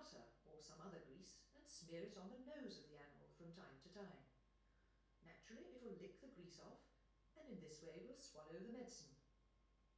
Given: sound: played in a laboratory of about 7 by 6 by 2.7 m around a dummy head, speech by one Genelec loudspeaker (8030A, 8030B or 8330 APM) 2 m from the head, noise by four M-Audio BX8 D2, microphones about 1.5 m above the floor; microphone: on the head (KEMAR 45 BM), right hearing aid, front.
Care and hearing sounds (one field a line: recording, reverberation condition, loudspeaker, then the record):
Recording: female speech in English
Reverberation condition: medium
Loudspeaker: 120 degrees to the left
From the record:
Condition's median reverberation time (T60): about 510 ms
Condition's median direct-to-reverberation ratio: about -0.5 dB